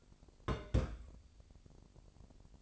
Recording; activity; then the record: daily activity, microphone in the room; place on stove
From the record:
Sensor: 5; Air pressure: 1002.1 hPa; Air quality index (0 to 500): 301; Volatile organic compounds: 46 ppm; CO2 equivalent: 3240 ppm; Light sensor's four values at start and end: 20/43/19/21 and 19/42/18/21